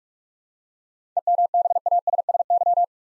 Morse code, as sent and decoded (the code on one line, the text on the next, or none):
. -- -... .- ... ... -.--
EMBASSY